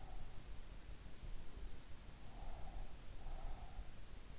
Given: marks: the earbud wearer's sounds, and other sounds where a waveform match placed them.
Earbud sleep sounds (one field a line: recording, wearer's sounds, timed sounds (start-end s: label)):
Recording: sounds in sleep by an in-ear microphone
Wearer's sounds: breath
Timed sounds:
2.22-3.89 s: breath